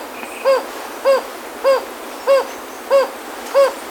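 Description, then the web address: Jocotoco antpitta repeating a low, mellow hoot six times, evenly spaced about every 0.6 seconds, over faint steady hiss. Ecuador. "Birds of Ecuador 2. Jocotoco Antpitta"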